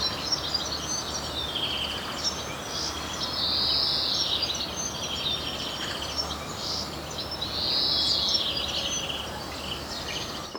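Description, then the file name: European greenfinch giving two long buzzy wheezes about four seconds apart, half hidden in a steady wash of noise. "Chloris chloris"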